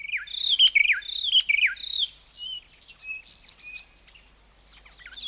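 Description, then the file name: Bird chirping, two seconds of loud, quick, downward-swooping notes, followed by softer scattered chirps and short whistles. "bbc bird"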